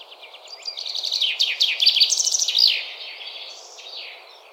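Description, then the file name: Common Chaffinch song: one rattling phrase that speeds up before a sharp closing flourish, followed by fainter twittering. "Fringilla coelebs"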